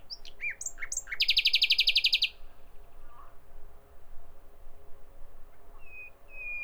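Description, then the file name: Common nightingale song opening with scattered varied notes, then a fast, loud, buzzy rattle of repeated notes for about a second, followed by quiet and faint thin whistles. "Nachtigall"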